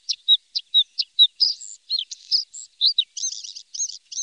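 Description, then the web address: Bluethroat song: varied sharp chirps and whistled notes, then rapid rattling, buzzy phrases repeated several times, high-pitched and lively throughout, with nothing else audible. "Faglar Sound Blahake"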